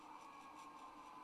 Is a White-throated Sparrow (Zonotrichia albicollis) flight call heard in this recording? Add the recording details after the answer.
no. No flight call is heard. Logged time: 09:32 on 26 November 2014